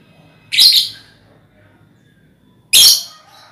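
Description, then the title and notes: Lovebird chirps: two loud, harsh high-pitched bursts about two seconds apart, with quiet between them. Ngekek song, used as a lure song (kicau pancingan). "Master Kicau Lovebird ngekek, kicau pancingan"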